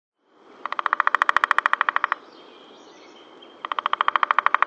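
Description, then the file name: Woodpecker: a rapid run of sharp, evenly repeated notes, a pause with soft hiss, then another quick run. "dzieciol"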